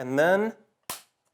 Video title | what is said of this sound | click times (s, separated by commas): Camera Bootcamp | and when you hear that click that's how you know that the camera is installed but that's not the whole thing yet | 0.9 s